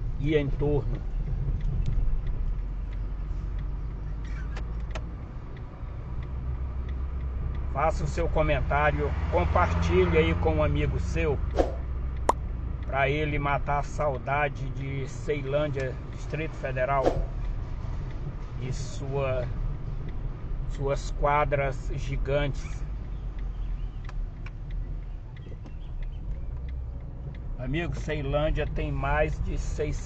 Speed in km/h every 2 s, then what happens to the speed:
26, 24, 25, 20, 27, 38, 37, 36, 36, 35, 33, 33, 33, 25, 15.
0-7 steady at about 24. 7-9 speeds up to 38. 9-24 steady at about 35. 24-30 brakes to 15.